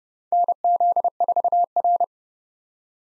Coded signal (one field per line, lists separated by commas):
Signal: Morse code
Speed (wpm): 32 wpm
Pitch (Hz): 700 Hz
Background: none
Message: NZ4R